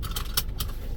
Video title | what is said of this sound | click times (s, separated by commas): Your Mechanic Doesn't Want You Knowing This Oil Change Reminder Trick!! | You should have heard the click there. | 0.4 s